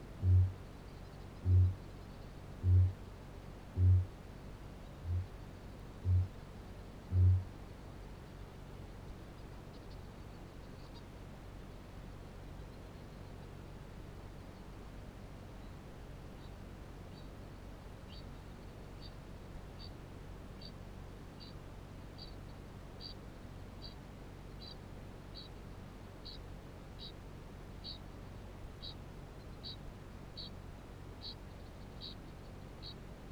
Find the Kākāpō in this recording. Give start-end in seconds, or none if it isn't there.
0.11-7.56, 15.52-17.58, 17.96-33.24